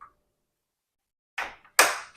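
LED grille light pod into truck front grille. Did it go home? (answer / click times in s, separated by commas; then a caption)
yes / 1.8 s. The plastic housing of a right-side Mabett LED grille light pod, its wire already fed through the front of the grille opening, is pushed into a slot in a Ford Bronco truck's front grille. After a faint tick at the start and a softer push sound at about 1.4 s, a loud, sharp snap at 1.8 s marks the pod seating firmly in the grille.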